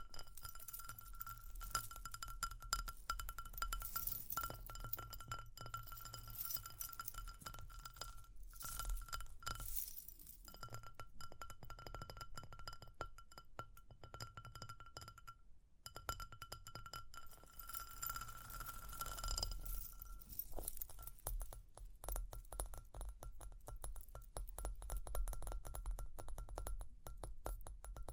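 Dense tapping and scratching run through the whole clip, fast, crackly and irregular, with a steady high metallic tone ringing beneath. Bright jingling clinks glint in and out. Brief pauses come near ten and sixteen seconds, and a low rumble persists underneath.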